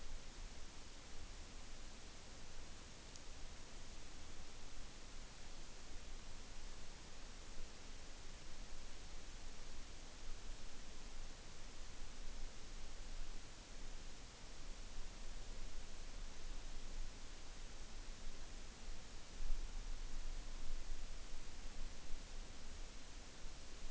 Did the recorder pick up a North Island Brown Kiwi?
no